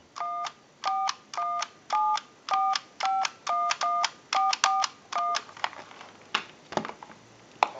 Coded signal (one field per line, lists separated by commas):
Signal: DTMF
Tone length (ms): 210 ms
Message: 14174511441